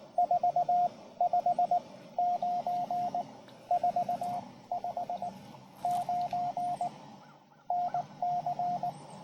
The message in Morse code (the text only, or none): 459 459 NC